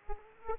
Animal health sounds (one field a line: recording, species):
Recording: mosquito wingbeat signal from an infrared sensor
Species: Aedes aegypti